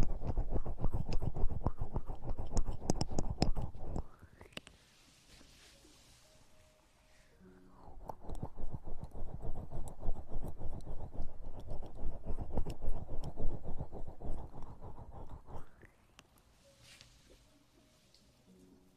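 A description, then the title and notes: Dense bursts of wet, slick rubbing from an oil massage fill the first four seconds and again from about seven to fifteen seconds, crackling and rapid. Between them come quiet pauses with soft, airy swishes and faint low tones. TimASMR- Tingly Oil Massage.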